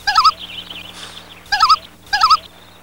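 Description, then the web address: Bird gobbling: three bursts of rapid, rattling, bubbling notes, the last two closer together, with a faint steady low hum underneath. "ANIMAIS BIRD"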